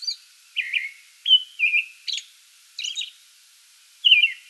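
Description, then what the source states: American robin song of warbled, slurred whistles alternating with high, hissy squeaks, phrases separated by short gaps. Pre-dawn song bout, recorded 8 May 2022.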